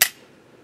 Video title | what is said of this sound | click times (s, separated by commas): Misha's Thoughts On The SIG MPX Copperhead Braced Pistol (Pros & Cons Retrospective) | But it didn't. Nope, didn't quite. Not seated. | 0.0 s